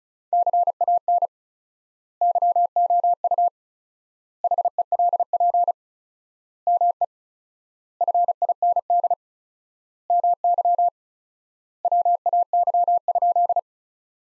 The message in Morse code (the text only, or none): CAN YOU HELP ME FIND MY WAY?